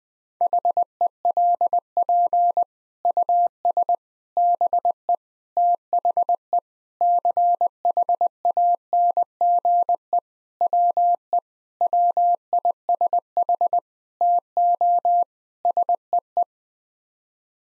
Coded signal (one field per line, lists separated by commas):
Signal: Morse code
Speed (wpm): 20 wpm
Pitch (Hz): 700 Hz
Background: none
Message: HELP US BE THE CHANGE WE WISH TO SEE